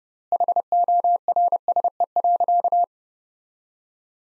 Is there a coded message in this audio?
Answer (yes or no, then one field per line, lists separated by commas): yes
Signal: Morse code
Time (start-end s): 0.3-2.8 s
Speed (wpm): 32 wpm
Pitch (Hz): 700 Hz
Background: none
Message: HORSE.